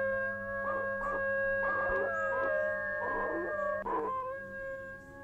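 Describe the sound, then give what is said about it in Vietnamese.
A person, face turned up to the sky, howls like a dog along with dogs' howling in a forest late at night: a long howl holding a steady, high, keening tone for about five seconds, with several wavering, rising swells breaking over it. No one speaks. “Tôi trong vô thức ngửa mặt lên trời, rồi chu lên theo tiếng chó chu trước sự ngỡ ngàng của mấy người.”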